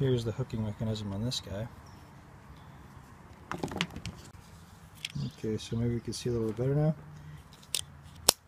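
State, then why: Seated. Someone talks while handling an Aero premium all-season frameless windshield wiper blade for a 2012 Toyota Camry, with light plastic ticks and taps between 3.5 and 5.1 s. The hinged plastic locking piece of the blade's hooking mechanism is then closed over the metal wiper arm hook and snaps shut with a sharp click at 8.3 s, locking the blade in place.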